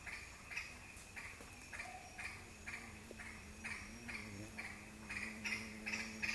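Green aracari uttering repeated scratchy notes at an uneven pace, about twice a second, alongside a steady low droning tone.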